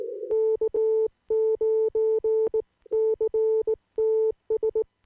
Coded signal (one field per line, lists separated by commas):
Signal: Morse code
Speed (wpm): 18 wpm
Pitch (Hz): 440 Hz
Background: none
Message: K9CTS